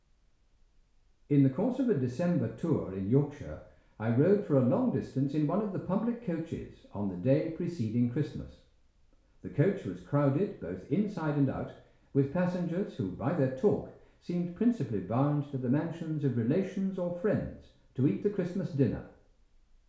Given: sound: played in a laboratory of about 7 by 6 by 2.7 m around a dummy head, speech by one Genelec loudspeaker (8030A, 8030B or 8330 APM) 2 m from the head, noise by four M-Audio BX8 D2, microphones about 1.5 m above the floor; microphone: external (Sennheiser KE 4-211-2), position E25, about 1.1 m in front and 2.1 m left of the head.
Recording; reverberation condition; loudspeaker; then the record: male speech in English; medium; 60 degrees to the left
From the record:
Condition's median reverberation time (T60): about 510 ms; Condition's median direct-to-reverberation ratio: about -0.5 dB